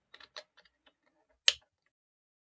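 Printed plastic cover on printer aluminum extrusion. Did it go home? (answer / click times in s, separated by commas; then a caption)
yes / 1.5 s. The front of a 3D-printed plastic safety cover is pushed onto the aluminum extrusion of an Elegoo Neptune 2S 3D printer, with a few light plastic ticks at about 0.2 and 0.4 s. A sharp, loud snap at 1.5 s marks the cover clicking into place at the front, seated.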